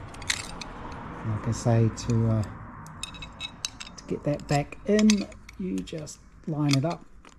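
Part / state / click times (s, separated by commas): spring clip into bonnet quarter-turn fastener / not seated / none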